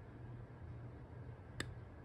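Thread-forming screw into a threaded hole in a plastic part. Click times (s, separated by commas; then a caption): 1.6 s. A steel #4 thread-forming screw is held to a previously threaded hole in a plastic part and turned backwards until its thread drops into the existing thread, so it can be driven in without cutting new thread. A low steady hum runs under a single sharp, brief tick at 1.6 s. The screw thread has seated in place.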